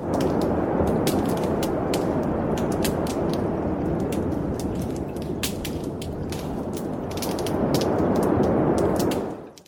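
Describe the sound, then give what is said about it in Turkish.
Underwater recording by Krause from a degraded, destroyed coral reef in Fiji: a steady, loud low rushing roar of waves and water, with only a few sparse, sharp clicks scattered through it. No voices. “Evet, dalgalar ve boşluğun uğultusu bir iki tıkırtıdan ibaret.”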